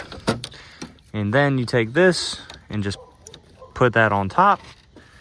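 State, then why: Not seated. A second fuel line quick connector is handled and set on top of the DSX flex fuel sensor fitting on a 5th gen Camaro. A few short taps and handling knocks come in the first second, then someone talks. Nothing has seated or clicked yet.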